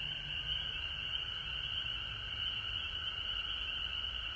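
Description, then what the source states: Frog chorus, many callers blending into a continuous high-pitched drone that stays level, with a soft low rumble underneath. Several frogs recorded at home in Georgia on March 19, 2020.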